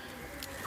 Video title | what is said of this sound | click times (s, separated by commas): തെങ്ങിൽ കയറാൻ super machine - Coconut Tree Climbing Machine - tools - agriculture - mallus | ഇതിലോട്ട് ഇരിക്കുമ്പോൾ തന്നെ ഇത് ലോക്ക് ആയി കഴിഞ്ഞു. | 0.4 s